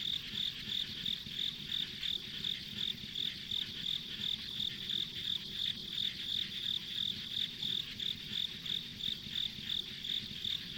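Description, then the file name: Insect chorus: pulsing high-pitched chirps about three times a second with a persistent ringing tone behind and a low rumble underneath. Ambient insect sounds on a rural country road. "田舎道の虫の環境音"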